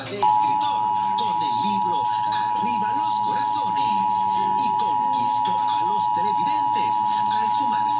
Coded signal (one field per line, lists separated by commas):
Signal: Emergency Alert System (SAME) tones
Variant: 853 and 960 Hz attention tone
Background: speech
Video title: EAS #77 Severe Thunderstorm Warning on KALT-FM